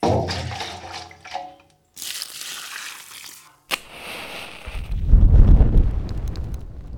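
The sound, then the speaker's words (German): Spilled kerosene lit with a lighter flares up into a jet of flame spreading along the fuel trail, starting with hissing, rustling bursts and breaking into a loud, deep roar that swells and rumbles steadily through the final seconds. “Das kleine Flämmchen wird rasch zu einer Stichflamme, die sich entlang der Treibstoffspur fortpflanzt.”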